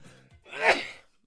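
A brief voiced in-breath, then one loud explosive hissing burst: a single sneeze from an adult man close to the microphone, brought on by hay fever.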